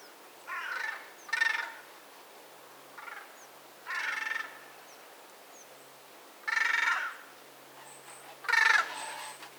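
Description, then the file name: Eurasian magpie uttering six separate harsh, grating calls spaced a second or two apart, with a few thin high chirps between them. "Pica pica"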